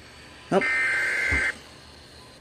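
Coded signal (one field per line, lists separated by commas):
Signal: Emergency Alert System (SAME) tones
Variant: header bursts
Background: speech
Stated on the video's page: Flash flood warning received on a NOAA Weather Radio transmitter and a broadcast station.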